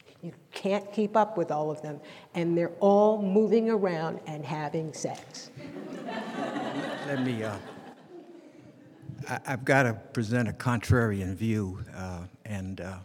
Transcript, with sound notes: You can’t keep up with all of them, and they’re all moving around and having sex. (students laughing) I’ve gotta present a contrarian view and